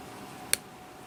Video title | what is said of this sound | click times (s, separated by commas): How to change the Turbine in a Stylus Plus Dental Handpiece | It'll actually click right in, just like that. | 0.5 s